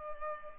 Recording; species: mosquito wingbeat signal from an infrared sensor; Culex pipiens